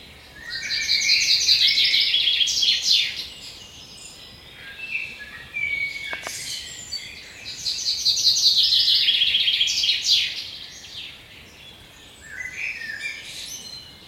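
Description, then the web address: Bird song: two long, loud, rapidly trilled phrases a few seconds apart, with softer chirps and twitters in between. "Fugle naturlyde"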